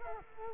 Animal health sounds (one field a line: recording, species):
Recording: mosquito wingbeat signal from an infrared sensor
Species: Culex quinquefasciatus